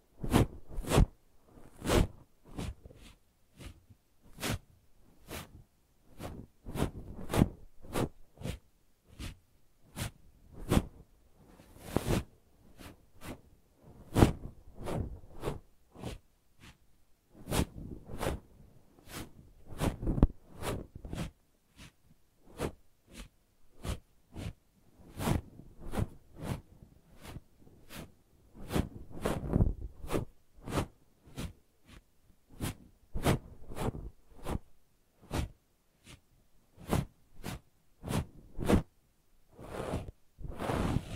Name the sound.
ASMR Brushing and Scratching